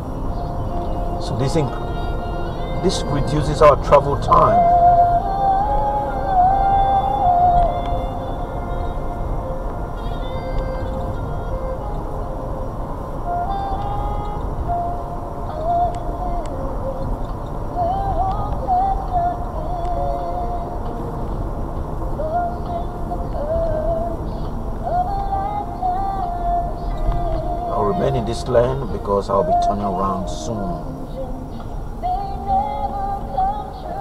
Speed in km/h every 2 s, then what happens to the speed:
61, 64, 66, 66, 64, 64, 64, 66, 66, 66, 64, 55, 45, 42, 39, 29, 18.
0-18 steady at about 64. 18-34 slows to 18.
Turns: none.